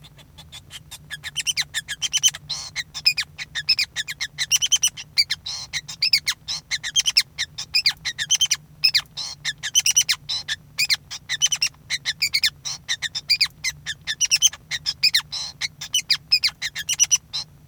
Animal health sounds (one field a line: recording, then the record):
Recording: song of a male Bengalese finch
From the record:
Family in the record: son of father 5